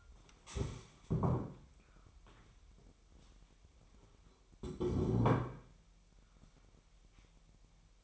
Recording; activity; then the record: daily activity, microphone in the room; stand up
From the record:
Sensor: 1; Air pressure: 998.6 hPa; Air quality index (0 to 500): 118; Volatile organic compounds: 3 ppm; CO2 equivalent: 1408 ppm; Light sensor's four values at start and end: 8/19/8/9 and 8/19/8/9